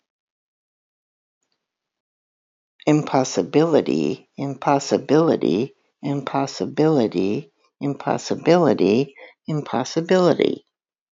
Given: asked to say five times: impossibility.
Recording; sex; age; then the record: repeated word; female; 60 to 69 years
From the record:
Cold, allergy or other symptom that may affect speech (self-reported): no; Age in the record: 62 years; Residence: Texas, United States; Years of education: 12